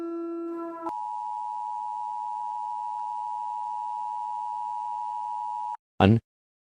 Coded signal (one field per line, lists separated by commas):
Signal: Emergency Alert System (SAME) tones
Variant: 853 and 960 Hz attention tone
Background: speech